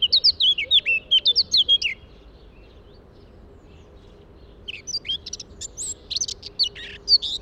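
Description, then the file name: Eurasian blackcap song: two bursts of varied warbling and twittering notes separated by a pause of a few seconds. "Sylvia atricapilla"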